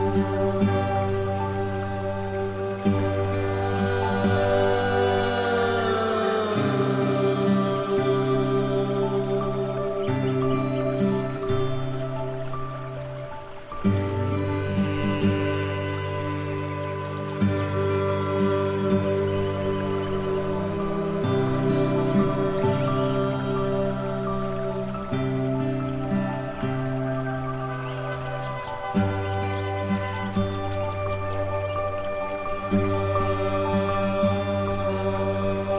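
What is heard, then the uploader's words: Calm zen music of long, sustained tones over a deep, humming bass, holding a steady loudness throughout. The chords shift slowly every several seconds, with noticeable changes near 6, 14, 21 and 29 seconds, while a soft shimmer sits above. Nature Sounds, Zen Music.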